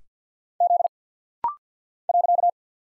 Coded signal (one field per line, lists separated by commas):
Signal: Morse code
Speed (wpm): 48 wpm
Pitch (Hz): 700 Hz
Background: none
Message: Z .